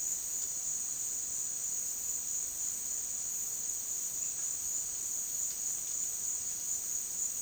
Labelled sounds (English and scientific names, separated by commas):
none